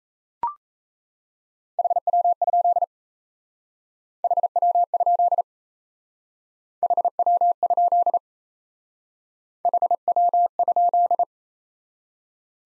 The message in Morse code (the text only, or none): HW? HW? HW? HW?